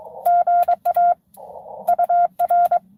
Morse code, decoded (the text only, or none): GA UR